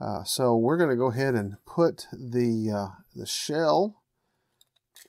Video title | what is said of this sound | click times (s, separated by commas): NEW Kato N Scale SD70M Flat Radiator Locomotive | back on this locomotive slips right on snaps in place | 5.0 s